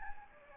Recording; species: mosquito wingbeat signal from an infrared sensor; Anopheles gambiae